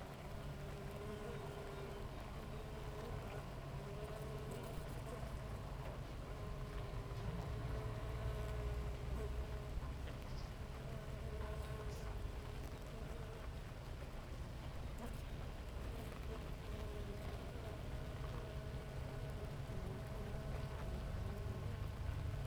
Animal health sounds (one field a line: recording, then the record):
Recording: honeybee colony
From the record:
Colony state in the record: active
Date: 28 July 2017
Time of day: 6:37